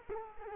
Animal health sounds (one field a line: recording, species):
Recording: mosquito wingbeat signal from an infrared sensor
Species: Culex quinquefasciatus